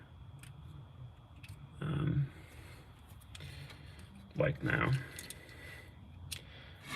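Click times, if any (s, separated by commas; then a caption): 6.3 s. A locking insert is pressed into a wiring connector housing while wiring a truck harness. Someone talks and small handling clicks are heard, then the insert snaps home with a sharp click at 6.3 seconds, seated as the third click.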